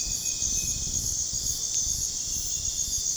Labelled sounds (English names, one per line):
none